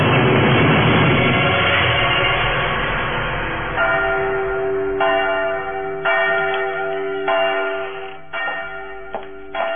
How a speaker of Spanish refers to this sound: ya las campanas están llamando, mi amor.